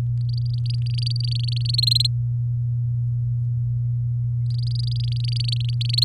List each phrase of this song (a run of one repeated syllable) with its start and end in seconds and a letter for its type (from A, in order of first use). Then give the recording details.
0.21-1.75 A, 1.78-2.07 B, 4.50-6.04 A. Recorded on 8 May 2018 at 19:43. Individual llb16